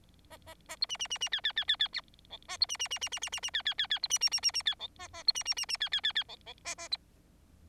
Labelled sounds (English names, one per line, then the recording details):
Bengalese Finch song
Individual Bird4